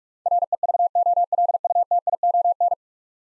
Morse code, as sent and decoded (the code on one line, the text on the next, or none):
.-. . ...- --- .-.. ..- - .. --- -.
REVOLUTION